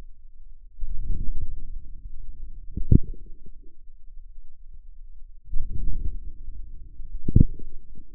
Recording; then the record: forearm muscle sounds (acoustic myography)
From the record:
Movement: outward rotation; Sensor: system 2, bracelet of six BSWA MPA416 microphones around the upper forearm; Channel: 5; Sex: female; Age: 23 years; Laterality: right